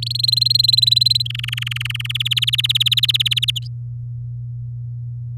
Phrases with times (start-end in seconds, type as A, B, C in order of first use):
0.02-0.13 A, 0.15-1.27 B, 1.30-2.12 C, 2.15-3.51 D